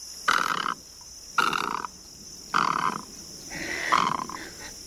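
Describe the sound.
Great egret call: four harsh, croaking squawks about a second apart, hoarse and grating, over steady background hiss.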